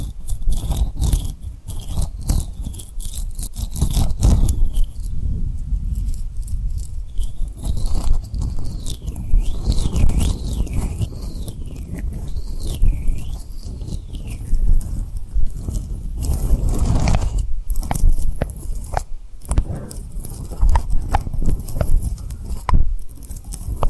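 Tapping and rubbing on rhinestones mixed with wet, crackly lip sounds, dense and continuous with quick clicks scattered throughout. A thin, wavering high tone rises and falls over the first fourteen seconds, then drops out, leaving the scratchy rubbing and sharp taps.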